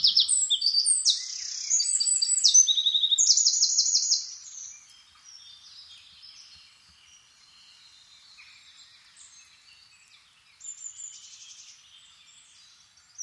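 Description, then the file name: Eurasian wren singing a rapid, high-pitched series of trilled and ticking notes for about four seconds, then softer scattered chirps and a brief faint trill near the end. "Troglodytes troglodytes"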